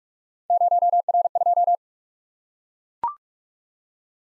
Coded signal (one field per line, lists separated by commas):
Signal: Morse code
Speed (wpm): 44 wpm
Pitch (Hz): 700 Hz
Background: none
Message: 0R2